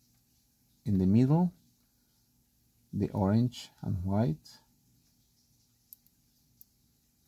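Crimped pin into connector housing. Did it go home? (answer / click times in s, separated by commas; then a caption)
yes / 5.9 s. Someone talks while the crimped pin on the orange-and-white wire of an Aircraft Automation SuperEco autopilot extension cable's male end is pushed into the middle cavity of a plastic connector housing. The pin clicks into place with a short, sharp snap at 5.9 s, showing it is seated. Two fainter ticks follow at 6.1 s and 6.6 s.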